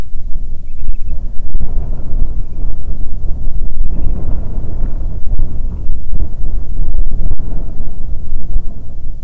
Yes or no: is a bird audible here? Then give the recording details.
yes. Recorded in the Arctic National Wildlife Refuge, Alaska, on 9 July 2019 at 22:01. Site 48